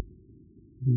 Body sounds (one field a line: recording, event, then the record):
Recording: neck accelerometer signal played as sound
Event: no cough (speech, laughter, throat clearing or background)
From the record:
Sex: male